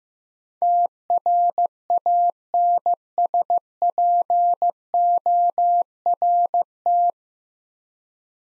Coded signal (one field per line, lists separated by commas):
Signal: Morse code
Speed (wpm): 15 wpm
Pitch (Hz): 700 Hz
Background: none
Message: TRANSPORT